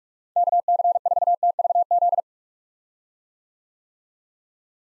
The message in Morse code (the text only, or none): KC4TVZ